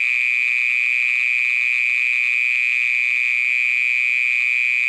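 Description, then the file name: Mole cricket singing a continuous, monotonous buzzy trill, steady in pitch and loudness throughout. "Gryllotalpa sp"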